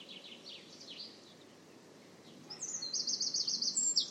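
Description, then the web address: Bird calls: a few faint high chirps, a quiet pause, then a shrill, buzzy trill of rapid repeated notes ending in a sharp high note, with low background noise. "cianscape birddata Deverinetal 2025"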